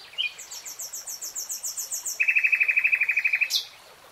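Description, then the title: Nightingale song: a long sequence of high repeated notes that switches to a lower, rapid, even rattle, ending with a sharp note. Nightingale singing in real time. "[Tiếng chim hót] 3 Hours REALTIME Nightingale Singing"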